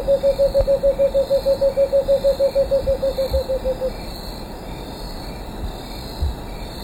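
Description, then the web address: Cinnamon screech owl call: a long, fast series of low hollow hoots, about three each second, slowly fading out over four seconds above a background of buzzing insects. Recorded in Ecuador, South America. "Birds of Ecuador. Cinnamon Screech-Owl"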